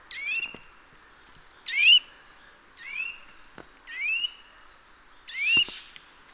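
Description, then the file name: Eurasian nuthatch with five separate rising, ringing calls spaced a second or so apart, accompanied by a few sharp clicks. "Sitta europaea"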